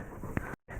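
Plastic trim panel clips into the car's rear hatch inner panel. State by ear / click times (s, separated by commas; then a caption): seated / 0.4 s. A plastic center trim panel on the inner panel of a BMW G26 i4 / 4 Series rear hatch is lined up with its holes and pushed in at the edges and corners. One sharp, short click is heard at 0.4 s as the clips pop into place, followed by a brief silent gap near 0.6 s. The panel is seated.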